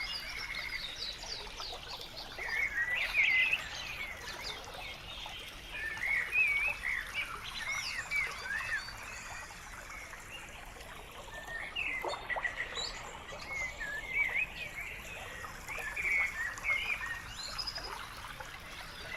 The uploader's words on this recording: Nature Sounds - Forest Sounds _ Birds Singing & River Flows.